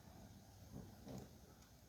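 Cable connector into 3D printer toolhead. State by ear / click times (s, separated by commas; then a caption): not seated / none. A cable connector is pushed onto the toolhead of a Prusa XL 5-toolhead 3D printer during assembly, after some struggle. Only a steady low rumble with soft, muffled bumps around 0.8 s and 1.1–1.2 s is heard, and nothing has clicked or seated yet. The connector stays on without popping back off, so it is accepted as good enough.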